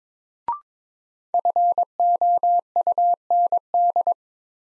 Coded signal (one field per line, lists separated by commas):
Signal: Morse code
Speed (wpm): 22 wpm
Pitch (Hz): 700 Hz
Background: none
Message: FOUND